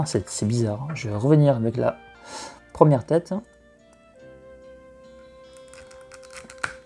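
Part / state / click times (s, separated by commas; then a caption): head onto action figure neck peg / seated / 6.6 s. Someone talks, then presses the first plastic head of an S.H.Figuarts 2021 Event Exclusive Color Edition Whis figure onto its neck peg, with soft handling ticks and a steady tone underneath. A sharp click at 6.6 s marks the head seating on the peg.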